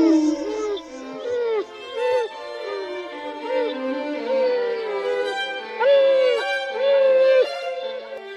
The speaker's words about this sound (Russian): Она даже не понюхала лапки, а пошла под диван, села там и начала скулить тихо, тонким голоском. «Шку, шку, шку».